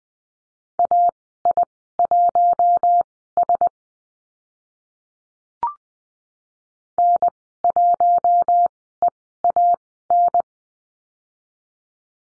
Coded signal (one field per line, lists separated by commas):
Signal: Morse code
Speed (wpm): 20 wpm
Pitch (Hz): 700 Hz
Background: none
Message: AI1S N1EAN